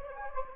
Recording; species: mosquito wingbeat signal from an infrared sensor; Anopheles gambiae